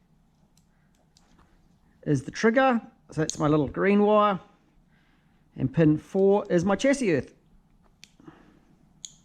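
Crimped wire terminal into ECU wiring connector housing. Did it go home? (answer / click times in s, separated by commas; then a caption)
yes / 8.0 s, 9.1 s. Someone talks while pushing the crimped wire terminal for pin 4 into the plastic Link ECU connector housing on a 1UZ/3UZ VVTi wiring harness. Small clicks follow at 8.0 s and 9.1 s as the terminal seats with a positive click. A positive click is wanted on every pin before the connector lock is put down.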